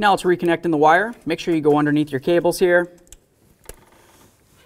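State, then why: Seated. Someone talks while reconnecting the plastic wiring harness connector to the EGR valve on a 1994-2004 Chevy S-10, routing it underneath the cables. After the talking stops, a brief tick sounds at 3.1 s, then a sharp click at 3.7 s as the connector is pushed on and seats fully secured.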